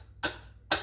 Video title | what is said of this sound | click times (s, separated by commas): Herbal Remedies - Fire Cider - Oxymels - Gummies | This is a number 3 jar, and it doesn't click. | none